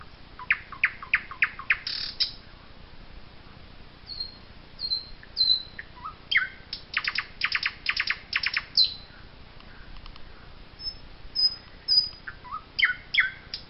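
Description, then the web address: Common nightingale song: quick repeated notes, thin high whistles, then dense loud chopping phrases and varied twittering notes. "chants doiseaux chant du rossignol"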